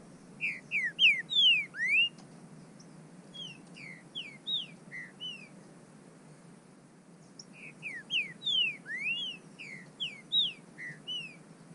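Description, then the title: Bird song in two matching phrases of quick downslurred whistles and rising slurs, separated by a few seconds of quiet hiss. "burung"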